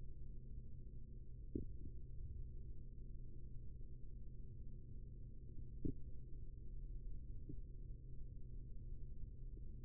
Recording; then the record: forearm muscle sounds (acoustic myography)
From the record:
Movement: rest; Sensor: system 3, bracelet of six PUI Audio POM-2738L microphones around the upper forearm, with dedicated amplification and filtering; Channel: 6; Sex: male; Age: 43 years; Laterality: right